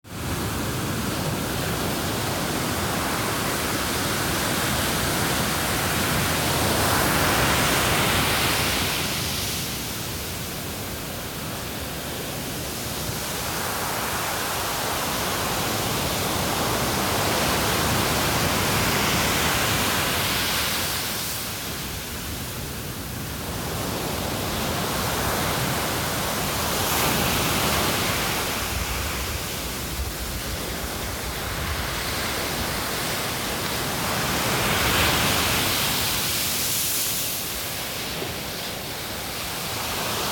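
Surf at Monastery Beach in Carmel Highlands, California, a continuous dense hiss and rumble filling the whole clip. The roar swells and eases in slow waves, brightening around 7, 18, 27 and 35 seconds and dipping briefly near 10 and 22.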